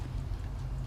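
A carbon fiber mirror cap is handled onto the side mirror housing of a BMW 340i, with steady low rumbling and faint rustling throughout. Nothing has seated or clicked yet.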